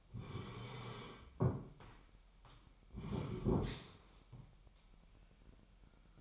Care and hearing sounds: daily activity, microphone in the room; sit down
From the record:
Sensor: 1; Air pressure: 998.5 hPa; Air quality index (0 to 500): 120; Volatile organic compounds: 3 ppm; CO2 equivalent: 1439 ppm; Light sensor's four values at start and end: 8/20/8/10 and 8/21/8/10

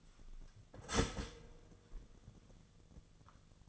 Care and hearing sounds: daily activity, microphone in the room; start toaster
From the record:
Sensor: 4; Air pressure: 1001.0 hPa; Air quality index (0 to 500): 165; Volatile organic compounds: 2 ppm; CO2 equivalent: 1200 ppm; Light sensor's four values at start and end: 20/46/19/20 and 18/41/17/18

